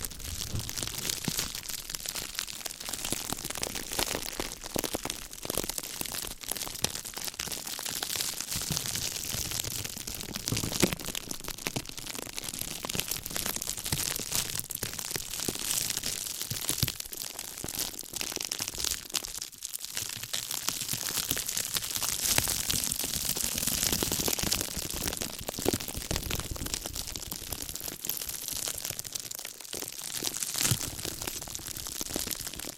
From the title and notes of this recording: ASMR Slow & Gentle Crinkle Triggers. (No Talking).